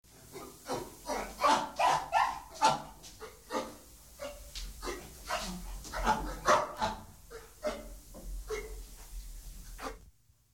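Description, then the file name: Monkey giving harsh, barking chatter in rapid irregular bursts, several calls a second, continuing for about ten seconds before cutting off. "scimmie monkey"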